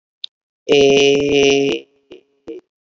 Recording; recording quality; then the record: sustained vowel as in made; excellent, no background noise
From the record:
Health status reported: healthy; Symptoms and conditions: none ticked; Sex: male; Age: 35 years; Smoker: not ticked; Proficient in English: yes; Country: India